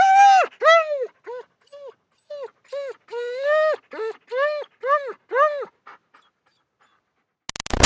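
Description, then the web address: German Shepherd dog giving a run of short, arched whimpering whines roughly every half second, one longer drawn whine mid-way, then a burst of harsh noise at the end. "Big Room Sound Dog German Shepherd"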